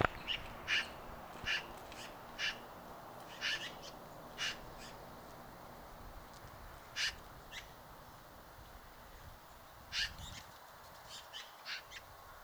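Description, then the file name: Eurasian magpie giving single harsh, dry chack notes at irregular intervals of up to about three seconds, over a steady background hiss. "Pica pica"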